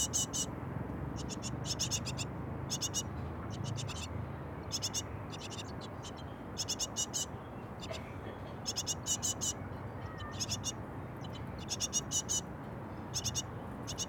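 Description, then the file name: Small birds calling, high chirping in repeated short bursts throughout, over a steady low rumbling background. Birds in a nest. "freesound small birds in nest"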